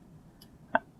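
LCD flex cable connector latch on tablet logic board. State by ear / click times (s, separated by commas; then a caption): seated / 0.8 s. On an iPad 2 (model A1395), after the LCD flex cable is wiggled into its socket on the logic board, the small plastic locking clip is pressed down with a finger or a small flat-head screwdriver so the cable won't slide back out. A faint tick sounds at 0.4 s, then a sharp, bright click at 0.8 s as the clip seats. The connector latch is locked in place.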